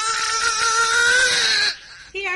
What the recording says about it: Helps deliver a baby at Torit State Hospital. Her baby boy is delivered. That's where you can hear the baby's crying. The infant is quickly given vitamin K intramuscular to prevent bleeding. The baby scores a 9 in 1 minute and a 10 5 minutes later, meaning the child is perfectly healthy.